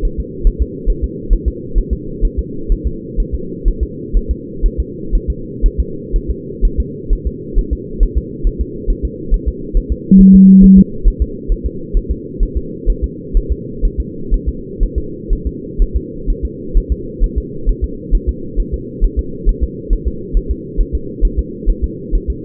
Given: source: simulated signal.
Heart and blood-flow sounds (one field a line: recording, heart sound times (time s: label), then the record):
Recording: fetal heart sounds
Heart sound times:
0.05 s: S1
0.20 s: S2
0.47 s: S1
0.62 s: S2
0.90 s: S1
1.04 s: S2
1.33 s: S1
1.48 s: S2
1.78 s: S1
1.93 s: S2
2.25 s: S1
2.39 s: S2
2.72 s: S1
2.87 s: S2
3.20 s: S1
3.35 s: S2
3.68 s: S1
3.83 s: S2
4.17 s: S1
4.31 s: S2
4.66 s: S1
4.80 s: S2
5.15 s: S1
5.30 s: S2
5.66 s: S1
5.80 s: S2
6.16 s: S1
6.31 s: S2
6.65 s: S1
6.80 s: S2
7.13 s: S1
7.27 s: S2
7.59 s: S1
7.73 s: S2
8.03 s: S1
8.18 s: S2
8.47 s: S1
8.61 s: S2
8.90 s: S1
9.05 s: S2
9.34 s: S1
9.48 s: S2
9.77 s: S1
9.92 s: S2
10.21 s: S1
10.35 s: S2
10.64 s: S1
10.79 s: S2
11.08 s: S1
11.22 s: S2
11.52 s: S1
11.66 s: S2
11.97 s: S1
12.11 s: S2
12.43 s: S1
12.57 s: S2
12.90 s: S1
13.04 s: S2
13.37 s: S1
13.52 s: S2
13.85 s: S1
14.00 s: S2
14.34 s: S1
14.48 s: S2
14.83 s: S1
14.98 s: S2
15.33 s: S1
15.47 s: S2
15.82 s: S1
15.96 s: S2
16.30 s: S1
16.45 s: S2
16.77 s: S1
16.92 s: S2
17.24 s: S1
17.38 s: S2
17.69 s: S1
17.84 s: S2
18.15 s: S1
18.29 s: S2
18.60 s: S1
18.74 s: S2
19.05 s: S1
19.19 s: S2
19.49 s: S1
19.64 s: S2
19.93 s: S1
20.08 s: S2
20.37 s: S1
20.51 s: S2
20.81 s: S1
20.95 s: S2
21.25 s: S1
21.39 s: S2
21.70 s: S1
21.84 s: S2
22.15 s: S1
22.30 s: S2
From the record:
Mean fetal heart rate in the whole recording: 130 bpm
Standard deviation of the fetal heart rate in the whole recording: 4 bpm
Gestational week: 38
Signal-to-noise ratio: -4.3 dB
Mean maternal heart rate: 72 bpm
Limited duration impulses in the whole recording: present